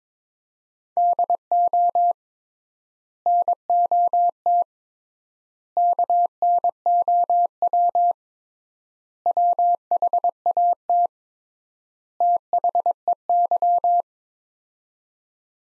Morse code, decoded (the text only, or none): DO NOT KNOW WHAT THEY